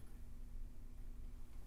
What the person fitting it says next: Okay, that one didn't click, but I got the angle correct.